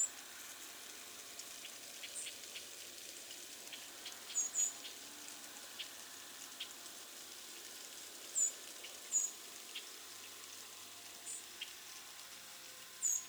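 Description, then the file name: Harris's sparrow giving thin, very high call notes, one or two at a time, spaced a few seconds apart over a steady crackling, rain-like background hiss. "Harris's Sparrow - Zonotrichia querula"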